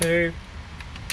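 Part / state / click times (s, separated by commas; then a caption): CPU cooler push-pin clip into motherboard / seated / 1.1 s. A plastic push-pin locking clip on a CPU fan/cooler is pushed down into the motherboard. Someone talks briefly at the start, followed by quiet background and small clicks near 0.8 and 1.0 seconds. A sharp snap at 1.1 seconds marks the clip locking into place.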